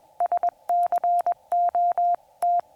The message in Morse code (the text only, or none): SCOT